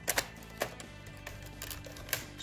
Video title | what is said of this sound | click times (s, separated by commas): Upgrade PS4 Hard Drive - Complete Explanation & Demonstration FULL VERSION | work the way around it goes click and it's back | 0.1 s, 0.6 s, 1.6 s, 2.1 s